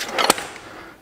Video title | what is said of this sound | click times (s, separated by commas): Entrenamiento en las sillas de evacuación. | this locks into place and position your headrest where you need to | 0.3 s